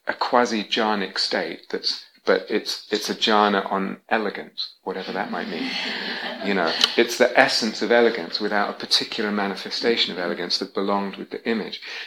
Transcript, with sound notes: quasi-jhānic state, but it's a jhāna on elegance, whatever that might mean. [laughter] It's the essence of elegance, without a particular manifestation of elegance that belonged with the image.